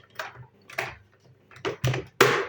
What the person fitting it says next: tık sesini duyduk